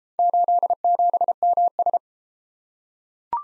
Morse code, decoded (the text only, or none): 87MS